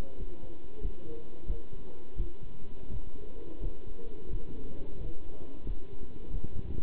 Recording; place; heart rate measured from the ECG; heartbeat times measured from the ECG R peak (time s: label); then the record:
heart sounds by stethoscope; between the tricuspid and mitral areas; 88 bpm
0.17 s: heartbeat
0.82 s: heartbeat
1.47 s: heartbeat
2.17 s: heartbeat
2.89 s: heartbeat
3.61 s: heartbeat
4.30 s: heartbeat
4.98 s: heartbeat
5.66 s: heartbeat
6.31 s: heartbeat
From the record:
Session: pedaling a stationary bicycle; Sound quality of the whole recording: good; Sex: male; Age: 27 years